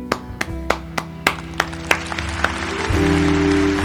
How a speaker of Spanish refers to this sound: ¿Acaso no dan ganas de aplaudir a libros que al final nos dejan un wow? Esos libros que te conmovieron, te sorprendieron, te formaron, te ayudaron o te hicieron reír, te hicieron sentir bien. Por todos ellos, sin importar cuáles, propongo un aplauso.